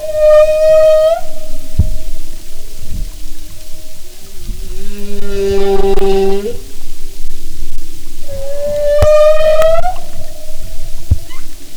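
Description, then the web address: Humpback whale song: a higher harmonic moan, then a lower buzzy tone, then a higher rising moan again. "Marine Mammals humpback"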